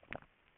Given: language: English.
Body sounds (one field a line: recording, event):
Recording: throat vibration sensor signal played as sound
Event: swallow